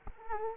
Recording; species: mosquito wingbeat signal from an infrared sensor; Culex quinquefasciatus